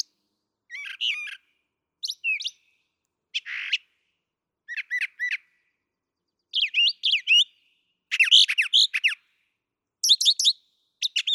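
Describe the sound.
Brown thrasher singing short bursts of sharp, chattering and slurred notes, each phrase often doubled, separated by short pauses, growing busier toward the end.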